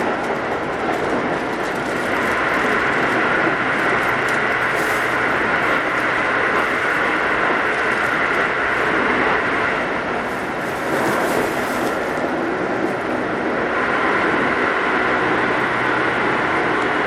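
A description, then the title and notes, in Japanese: A commuter train heard from inside a car while running at speed, with a steady, dense rumble and rush of wheels on track. The noise holds level throughout, with a brighter ringing tone that fades around ten to twelve seconds and then returns. 京急新1000形(アルミ車) 横浜〜三崎口。車体はアルミニウム合金製。VVVFインバータ制御装置は、1・2次車では2100形と同じくGTOサイリスタ素子によるドイツ・SIEMENS社製を採用、3～5次車では同じシーメンス社製であるが、使用素子はIGBTに変更され、純電気ブレーキも搭載。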